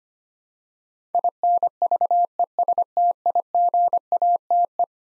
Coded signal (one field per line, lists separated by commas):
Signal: Morse code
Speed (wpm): 25 wpm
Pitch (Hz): 700 Hz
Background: none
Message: INVESTIGATE